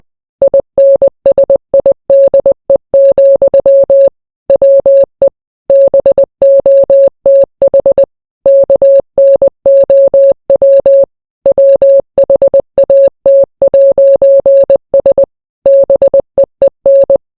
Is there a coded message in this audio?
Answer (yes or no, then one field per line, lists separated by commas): yes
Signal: Morse code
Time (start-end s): 0.4-17.2 s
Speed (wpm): 20 wpm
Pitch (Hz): 550 Hz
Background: none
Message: INSIDE, WE BOTH KNOW WHAT'S BEEN